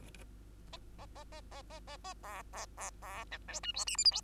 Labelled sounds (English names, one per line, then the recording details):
Bengalese Finch song
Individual Bird2